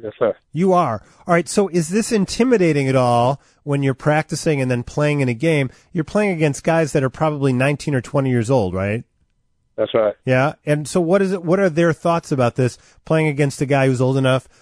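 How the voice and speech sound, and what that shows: A man asks interview questions in clear, fluent speech at an even pace, with brief replies from another voice.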